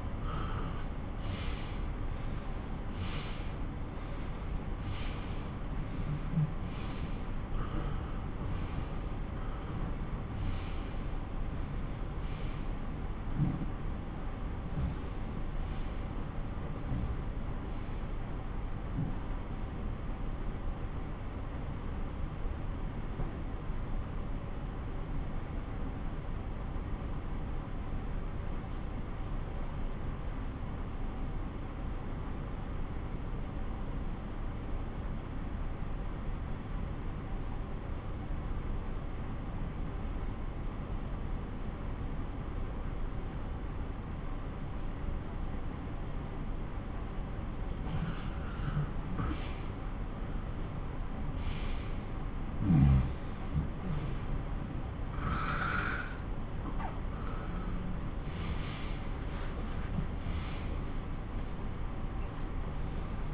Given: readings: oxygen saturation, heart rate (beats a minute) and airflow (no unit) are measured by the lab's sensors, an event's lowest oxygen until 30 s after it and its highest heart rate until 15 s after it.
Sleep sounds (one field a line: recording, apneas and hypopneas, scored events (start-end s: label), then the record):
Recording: breathing in sleep by a smartphone at the bedside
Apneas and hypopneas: 1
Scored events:
13.00-49.00 s: obstructive apnea (N2, oxygen 97% highest, then 92% lowest)
From the record:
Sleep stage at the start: N2 (light sleep)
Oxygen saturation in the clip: 88 to 97%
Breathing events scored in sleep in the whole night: 217 in 6.3 hours asleep